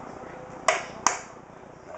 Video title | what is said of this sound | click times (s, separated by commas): How To Build A Gaming PC (Part 1) | properly, just give a little push down. You'll hear it click right in. | 0.7 s, 1.1 s